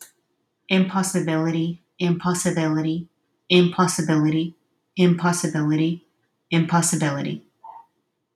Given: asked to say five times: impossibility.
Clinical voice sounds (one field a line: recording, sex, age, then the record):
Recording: repeated word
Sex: female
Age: 30 to 39 years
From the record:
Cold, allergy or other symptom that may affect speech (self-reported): no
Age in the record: 34 years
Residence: Oregon, United States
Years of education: 17